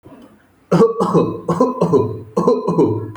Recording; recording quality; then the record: shallow voluntary cough; excellent, no background noise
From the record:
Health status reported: exposed to COVID-19, no respiratory illness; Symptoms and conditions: loss of smell and taste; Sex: male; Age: 33 years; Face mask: not worn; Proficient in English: yes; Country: India